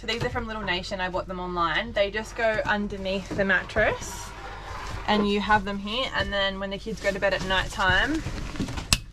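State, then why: Seated. Someone talks while a Little Nation child's bed safety rail on a caravan bunk, bought online, with its base slid under the mattress, is raised upright. A sharp, loud click at 8.9 s, in a pause in the talking, is the rail locking securely into place.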